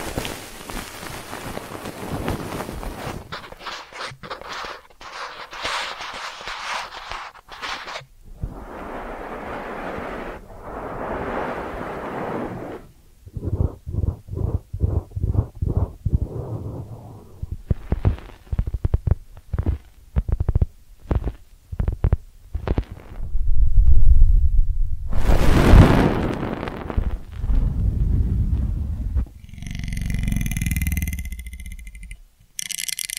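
Ear cleaning sounds, made up of scratchy rubbing and crackling bursts that stop and start in uneven stretches. A run of quick, regular dull taps sits around the middle, followed by soft thumping rubs and a few sharp clicks, ending in muffled rustling.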